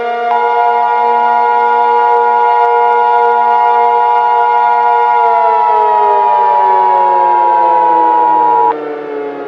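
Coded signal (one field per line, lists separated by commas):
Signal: Emergency Alert System (SAME) tones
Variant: 853 and 960 Hz attention tone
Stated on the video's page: Fictional EAS scenario.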